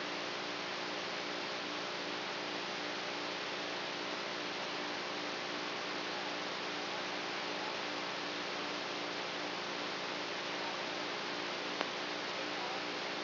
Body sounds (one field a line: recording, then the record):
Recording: brain microelectrode recording played as sound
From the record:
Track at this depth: outside the subthalamic nucleus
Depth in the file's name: 1.006 mm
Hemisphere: right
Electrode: 3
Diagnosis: Parkinson's disease